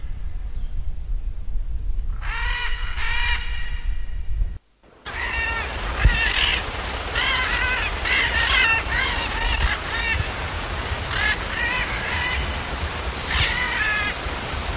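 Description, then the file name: Military macaw giving harsh, raucous squawks, two near the start, then a long run of repeated rasping calls over steady low rumbling background noise. "canto da arara militar"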